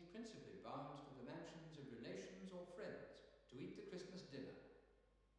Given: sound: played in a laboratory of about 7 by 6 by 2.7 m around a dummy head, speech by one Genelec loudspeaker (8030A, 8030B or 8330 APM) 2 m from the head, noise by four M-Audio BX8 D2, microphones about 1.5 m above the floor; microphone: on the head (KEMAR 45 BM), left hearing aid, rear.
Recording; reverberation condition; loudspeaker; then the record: male speech in English; high; behind (180 degrees)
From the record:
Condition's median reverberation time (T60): about 1300 ms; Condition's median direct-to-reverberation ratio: about -4.0 dB